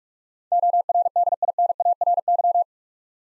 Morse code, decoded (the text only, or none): ORDINARY